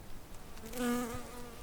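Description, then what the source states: Bumblebee buzzing, a low droning hum that swells briefly to a clear, steady tone and then drops back to a faint drone. Bumblebees, large and carrying good pollen loads, in the suburban district of Vennivaara, Rovaniemi, on a sunny, warm July evening; recorded 2021-2022.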